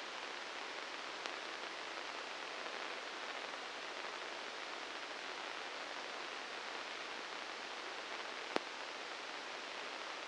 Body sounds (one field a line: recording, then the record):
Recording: brain microelectrode recording played as sound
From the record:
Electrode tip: inside the subthalamic nucleus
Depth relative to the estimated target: -2 mm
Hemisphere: left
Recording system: NeuroSet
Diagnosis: Parkinson's disease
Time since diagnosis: 19 years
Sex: female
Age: 69 years